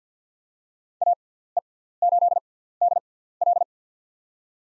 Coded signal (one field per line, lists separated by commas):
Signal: Morse code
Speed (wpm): 50 wpm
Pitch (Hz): 700 Hz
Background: none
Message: AE8DL